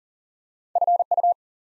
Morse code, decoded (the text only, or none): FU